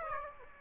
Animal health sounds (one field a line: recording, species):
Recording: mosquito wingbeat signal from an infrared sensor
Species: Aedes aegypti